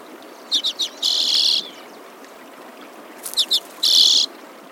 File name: Hoary Redpoll